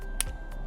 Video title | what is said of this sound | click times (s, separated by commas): Install Govee Prism the Right Way (Full Guide) | on the light and then just press it down until you hear a click. | 0.2 s